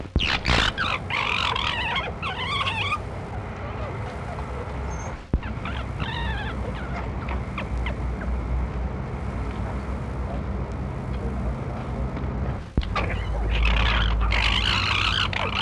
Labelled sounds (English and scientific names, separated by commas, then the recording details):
Corsac Fox (Vulpes corsac)
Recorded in captivity
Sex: group
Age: subadult
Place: Tierpark Berlin, Berlin, DE
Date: 1963-09-16 19:00
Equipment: Minifon, Kopie BG 26/1
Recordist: Tembrock, Günter